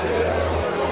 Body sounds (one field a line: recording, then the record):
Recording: background sound without coughing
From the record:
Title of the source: CITY SOUNDS Busy Bar in the Evening Night - 2 HOURS of Ambiance for Relaxation